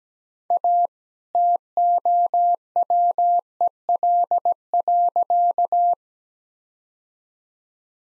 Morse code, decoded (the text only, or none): A TOWEL.